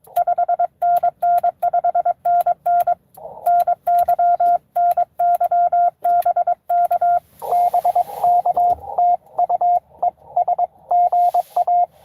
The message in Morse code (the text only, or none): 5NN 5NN NY NY BK BK TU ES GA